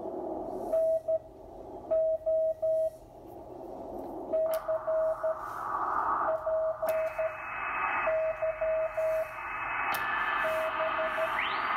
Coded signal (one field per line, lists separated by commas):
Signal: Morse code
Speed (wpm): 13 wpm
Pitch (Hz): 640 Hz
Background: radio noise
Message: NO CPY B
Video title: Drake R4B serial #10014 SSB CW and how to use notch control demo with weak SSB signals on 40m